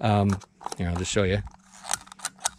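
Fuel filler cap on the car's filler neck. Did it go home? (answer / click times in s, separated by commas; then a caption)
yes / 1.9 s, 2.1 s, 2.2 s, 2.5 s. Someone talks, then a car's fuel filler cap is tightened onto the filler neck until its ratchet clicks at 1.9, 2.1, 2.1, 2.3 and 2.5 seconds. The cap ends up tight but still wiggles slightly; it had earlier been wiggly because it was cross-threaded into the top of the filler neck.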